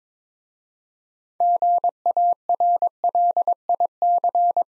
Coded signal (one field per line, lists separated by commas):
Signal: Morse code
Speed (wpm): 22 wpm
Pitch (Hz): 700 Hz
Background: none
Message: GARLIC